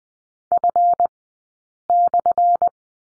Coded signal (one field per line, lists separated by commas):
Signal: Morse code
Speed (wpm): 20 wpm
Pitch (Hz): 700 Hz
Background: none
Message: F/